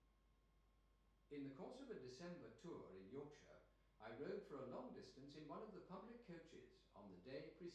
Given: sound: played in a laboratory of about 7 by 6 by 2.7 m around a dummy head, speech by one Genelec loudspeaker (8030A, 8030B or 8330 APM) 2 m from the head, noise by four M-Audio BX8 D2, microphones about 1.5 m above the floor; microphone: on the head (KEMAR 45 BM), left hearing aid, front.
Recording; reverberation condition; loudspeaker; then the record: male speech in English; medium; 60 degrees to the right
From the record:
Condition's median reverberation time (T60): about 510 ms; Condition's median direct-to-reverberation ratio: about -0.5 dB